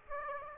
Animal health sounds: mosquito wingbeat signal from an infrared sensor; Aedes aegypti

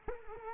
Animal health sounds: mosquito wingbeat signal from an infrared sensor; Culex quinquefasciatus

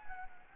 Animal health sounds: mosquito wingbeat signal from an infrared sensor; Anopheles gambiae

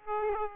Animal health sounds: mosquito wingbeat signal from an infrared sensor; Aedes aegypti

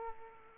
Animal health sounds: mosquito wingbeat signal from an infrared sensor; Aedes aegypti

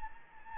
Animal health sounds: mosquito wingbeat signal from an infrared sensor; Anopheles gambiae

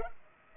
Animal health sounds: mosquito wingbeat signal from an infrared sensor; Culex pipiens

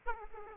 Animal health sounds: mosquito wingbeat signal from an infrared sensor; Aedes aegypti

